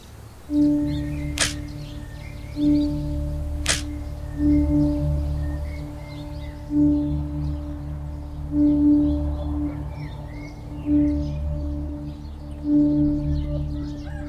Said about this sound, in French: Tout au bout du village désert, un escadron d'hirondelles peu habitué à être dérangé s'insurge et commence une curieuse attaque aérienne. Les oiseaux plongent à pic, à tour de rôle, rasant tête et micro pour nous chasser.